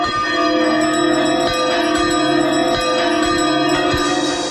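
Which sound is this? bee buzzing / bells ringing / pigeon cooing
bells ringing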